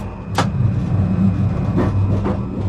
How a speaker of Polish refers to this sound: A co tam, tramwaj będzie jechał.